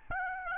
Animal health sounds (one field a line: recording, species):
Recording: mosquito wingbeat signal from an infrared sensor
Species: Aedes albopictus